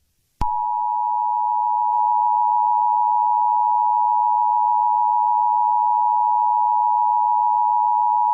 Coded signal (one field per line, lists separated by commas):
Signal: Emergency Alert System (SAME) tones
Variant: 853 and 960 Hz attention tone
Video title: EAS Scenario #7: Adventure Island